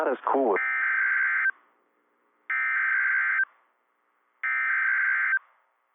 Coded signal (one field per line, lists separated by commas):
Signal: Emergency Alert System (SAME) tones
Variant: header bursts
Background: speech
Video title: The Lone TOA - EAS Alert from 4/17/26 (EAS #760)